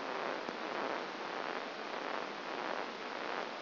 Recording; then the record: brain microelectrode recording played as sound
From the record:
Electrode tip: outside the subthalamic nucleus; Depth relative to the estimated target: 4 mm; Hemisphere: left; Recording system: AlphaMap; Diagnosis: Parkinson's disease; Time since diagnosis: 15 years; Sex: female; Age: 68 years